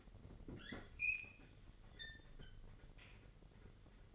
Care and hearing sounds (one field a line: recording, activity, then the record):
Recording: daily activity, microphone in the room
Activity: open fridge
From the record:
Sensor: 4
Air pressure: 1002.9 hPa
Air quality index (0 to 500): 246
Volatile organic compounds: 18 ppm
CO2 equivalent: 2626 ppm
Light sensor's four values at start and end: 4/10/3/4 and 4/9/3/4